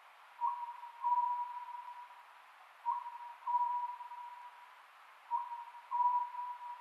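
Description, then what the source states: Oriental scops owl calling three times, each call a brief note then a longer level hoot, repeated about every two and a half seconds. Recorded 27 May 2010 at 22:21.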